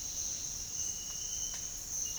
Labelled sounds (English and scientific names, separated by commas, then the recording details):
none
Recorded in dense forest near Puerto Asís, Putumayo, Colombia, on 4 March 2025 at 07:30
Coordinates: 0.484, -76.325
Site G045